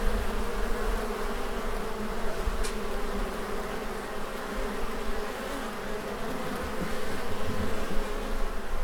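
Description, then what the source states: Honey bees buzzing in a hive, a dense, steady low droning hum that holds evenly throughout. Recorded at a beehive.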